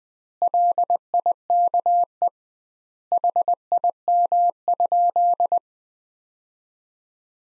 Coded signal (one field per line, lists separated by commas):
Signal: Morse code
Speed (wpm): 21 wpm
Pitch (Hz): 700 Hz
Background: none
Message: LIKE HIM?